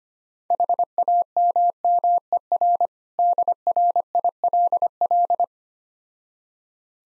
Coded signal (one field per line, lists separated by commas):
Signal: Morse code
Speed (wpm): 25 wpm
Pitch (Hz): 700 Hz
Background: none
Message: HAMMER DRILL